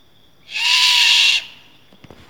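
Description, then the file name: Great Horned Owl giving one harsh, breathy hissing screech lasting just under a second, steady and unbroken, followed by a few faint soft clicks in quiet. "Great Horned Owl - Bubo virginianus"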